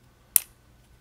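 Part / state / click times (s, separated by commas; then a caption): camera lens module in dome gimbal mount / seated / 0.4 s. The camera lens module of a KT&C KPC-DS100 750+ HTVL 960H indoor day/night security dome camera is moved on its plastic gimbal mount and snaps into a detent position, which holds it in place without a screw. A single sharp, bright click at 0.4 s carries energy mostly in the high frequencies and fades within about a tenth of a second, with near silence before and after. The module is seated in its detent.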